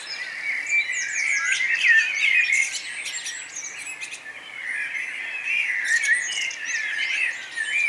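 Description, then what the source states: Bird chorus with quick repeated chirps and high trilled bursts above a running stream of whistled warbling. Morning bird chorus at Nonnenhorn, 10 May 2009, 04:24.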